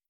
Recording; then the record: hydrophone in a shrimp aquaculture tank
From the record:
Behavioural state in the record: stressed